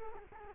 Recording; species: mosquito wingbeat signal from an infrared sensor; Culex quinquefasciatus